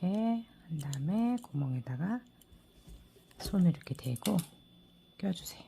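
A metal bag-foot stud is being handled for fitting into its backing cap on a crochet bag base. Someone talks throughout, with soft handling noises between the phrases. The clip ends before the stud goes home, so nothing has seated or clicked yet.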